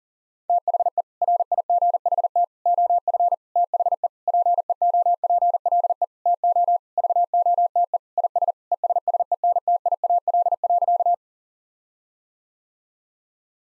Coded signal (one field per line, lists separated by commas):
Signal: Morse code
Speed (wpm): 40 wpm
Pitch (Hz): 700 Hz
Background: none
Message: THE RIGHT OF THE PEOPLE TO VOTE IS ESSENTIAL.